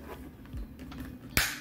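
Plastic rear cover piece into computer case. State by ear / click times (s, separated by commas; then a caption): seated / 1.4 s. A plastic rear cover piece is pressed back into the case of an HP Pavilion All-in-One Model 22-a113w computer during a hard drive and RAM upgrade. Faint handling and rubbing noises come before one sharp, loud snap at 1.4 s. The cover piece seats in place.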